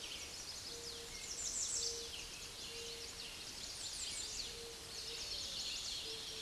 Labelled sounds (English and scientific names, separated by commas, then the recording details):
American Redstart (Setophaga ruticilla) song
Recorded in a Pennsylvania forest on 16 May 2024 at 06:12
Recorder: AudioMoth, point MSD-0383
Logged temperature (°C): 15.3 °C
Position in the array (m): 92 m, 206 m